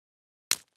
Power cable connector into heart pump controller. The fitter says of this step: but allow it to naturally lock in place a good connection will result in an audible click